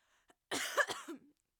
Cough.